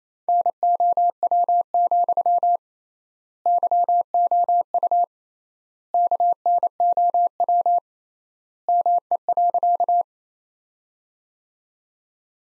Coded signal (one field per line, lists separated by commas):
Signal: Morse code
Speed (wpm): 28 wpm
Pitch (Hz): 700 Hz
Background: none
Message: NOW, YOU KNOW ME.